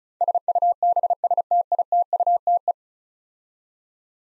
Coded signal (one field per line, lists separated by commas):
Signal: Morse code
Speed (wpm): 36 wpm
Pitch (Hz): 700 Hz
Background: none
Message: SUBSTITUTE